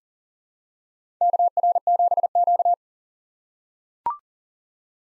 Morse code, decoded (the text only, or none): KR7Q